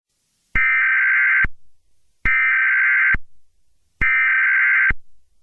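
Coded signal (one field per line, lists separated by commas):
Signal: Emergency Alert System (SAME) tones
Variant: header bursts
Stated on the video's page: Fictional EAS scenario using valid EAS tones.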